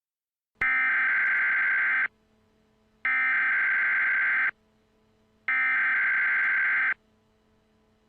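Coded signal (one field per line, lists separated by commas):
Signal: Emergency Alert System (SAME) tones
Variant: header bursts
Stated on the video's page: Fictional EAS scenario; the tones are not from a real alert.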